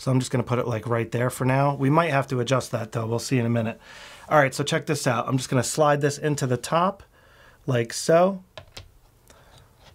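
A camera quick-release plate is slid into the top mount of a DJI RS3 Mini handheld gimbal carrying a Sony A7 IV, while someone talks over it. A few short, sharp ticks are heard near the end. Nothing has seated or clicked into place yet.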